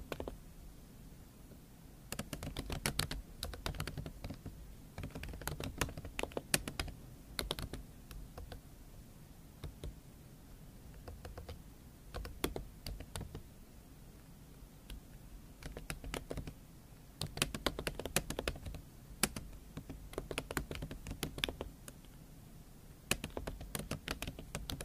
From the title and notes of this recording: Scratching & Tapping ASMR.